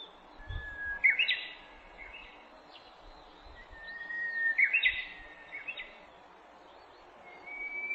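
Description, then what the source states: Japanese bush warbler repeating its song every few seconds, each a level whistle snapping into a quick jumbled flourish, with a third phrase starting at the end; low thumps beneath. Recorded on 18 April 2008.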